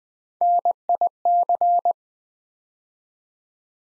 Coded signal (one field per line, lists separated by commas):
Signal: Morse code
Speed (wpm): 20 wpm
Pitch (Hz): 700 Hz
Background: none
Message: NIC